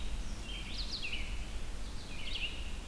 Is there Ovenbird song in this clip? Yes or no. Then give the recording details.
no. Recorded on 23 June 2016 at 05:55. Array SBT-6-76